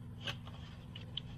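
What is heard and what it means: The access cover on the electric park brake module housing of a Land Rover Discovery is pushed back into place. A few lighter taps come over a steady low hum, then a sharp, loud click at 1.2 s as the cover snaps back on and seats.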